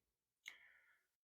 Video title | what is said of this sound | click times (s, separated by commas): Review of the Buck 251 Maverik (Dang you Canadian Tire) #buckknives @BuckKnives #knifereview | and then your liner lock Clicks in here | 0.5 s